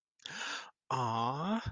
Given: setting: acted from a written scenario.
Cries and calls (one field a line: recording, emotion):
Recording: vocal sound without words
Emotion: adoration